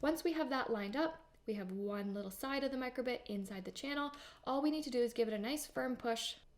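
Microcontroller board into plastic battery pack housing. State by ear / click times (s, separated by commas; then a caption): not seated / none. Someone talks while a micro:bit circuit board is lined up with one side inside the channel of the plastic press-fit housing of a rechargeable battery pack, ready to be given a firm push. No click is heard; the board has not yet seated or clicked into place.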